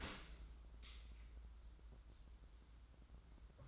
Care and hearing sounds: daily activity, microphone in the room; open dishwasher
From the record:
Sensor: 3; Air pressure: 994.3 hPa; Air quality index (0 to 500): 209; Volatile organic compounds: 1000 ppm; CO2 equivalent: 7001 ppm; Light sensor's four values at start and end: 209/505/214/215 and 211/511/217/218

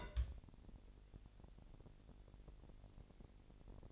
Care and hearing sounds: daily activity, microphone in the room; place on stove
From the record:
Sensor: 5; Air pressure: 1002.0 hPa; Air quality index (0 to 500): 249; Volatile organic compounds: 9 ppm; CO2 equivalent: 2168 ppm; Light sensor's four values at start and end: 20/43/19/21 and 20/44/19/21

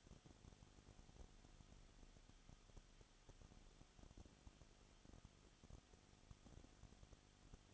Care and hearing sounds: daily activity, microphone in the room; no activity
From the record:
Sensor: 4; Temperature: 22.7 degrees Celsius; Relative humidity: 31.7%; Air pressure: 995.4 hPa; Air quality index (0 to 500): 158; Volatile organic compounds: 2 ppm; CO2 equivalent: 1252 ppm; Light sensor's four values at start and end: 2/3/1/1 and 2/3/1/1

